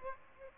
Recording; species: mosquito wingbeat signal from an infrared sensor; Aedes aegypti